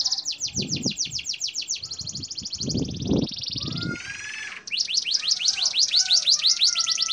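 Bird singing rapid high trilled notes, then a harsh scratchy burst and more quick chirped series, with several low thumping bursts underneath.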